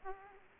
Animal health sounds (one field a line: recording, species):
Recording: mosquito wingbeat signal from an infrared sensor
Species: Aedes aegypti